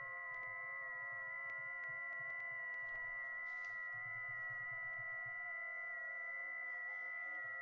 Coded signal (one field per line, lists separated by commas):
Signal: FT8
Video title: Sunday Afternoon Amatuer Radio